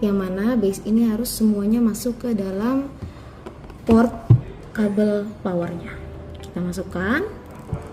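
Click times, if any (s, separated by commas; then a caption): none. A power cable plug is handled at the power port of an LSTAR1115 pH meter, its base meant to go fully into the port, while someone talks. Brief sharp sounds occur near 3.6 and 3.7 seconds, but nothing has seated or clicked yet by the end of the clip.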